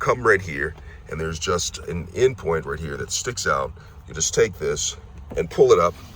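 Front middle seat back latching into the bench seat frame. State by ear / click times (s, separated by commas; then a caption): not seated / none. On a GMC Sierra, the front middle bench seat back is being raised by an end point that sticks out, lifting it toward its upright position in the bench seat frame while someone talks. The clip ends before the seat back latches, so nothing has seated or clicked yet.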